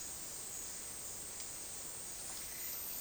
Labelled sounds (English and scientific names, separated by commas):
none